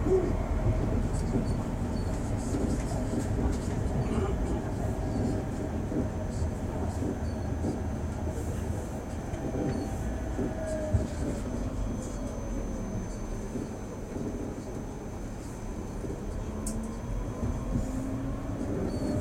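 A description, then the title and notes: A tram ride heard from on board: a steady, dense low rumble of wheels and motor runs the whole time, with sliding pitch tones rising and falling as the tram speeds and slows. Faint clicks and brief squeals break through now and then, including near the end. Tramming it up on the M2 am Steinburg. Relaxing tram ride.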